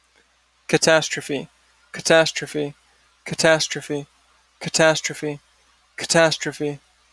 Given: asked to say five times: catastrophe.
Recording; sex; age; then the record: repeated word; male; 30 to 39 years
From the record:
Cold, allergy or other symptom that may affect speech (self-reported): no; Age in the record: 33 years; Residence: Florida, United States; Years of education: 14